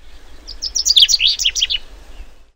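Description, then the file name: Whinchat song: a quick, scratchy burst of high chirps and short descending whistled notes lasting about one second, with a low rumble underneath. Recorded 9 June 2017. "whinchat 170609"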